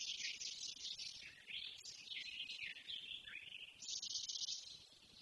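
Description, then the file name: Eurasian blackcap warbling song, a fluid continuous run of high notes. "Sylvia atricapilla"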